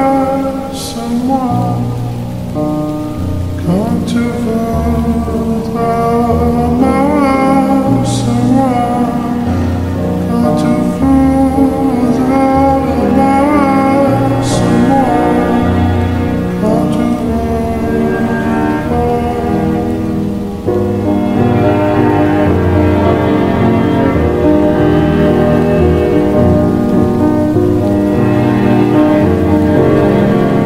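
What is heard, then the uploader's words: Dark atmospheric music plays with rain beneath it: sustained, layered chords over low bass notes that shift every second or so. A steady, soft hiss of rain runs throughout, with a few sharp taps early on and a brief dip near twenty seconds. Dark academia atmosphere plus rain.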